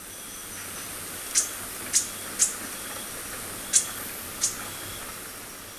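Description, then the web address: Hoary puffleg calls: five short, thin, high-pitched ticks spread unevenly across a few seconds against a constant hiss. Ecuador. "Birds of Ecuador. Hoary Puffleg"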